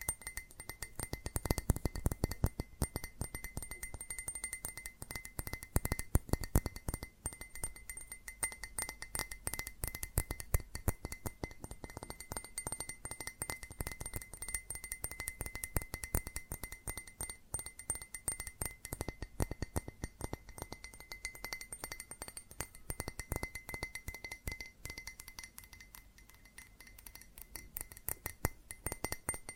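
Fast tapping on glass and ceramic objects, a dense, unbroken stream of sharp clinks that runs the whole time. A faint ringing tone hangs steadily beneath the taps. The tapping thins and softens briefly around the 26-second mark before picking up again.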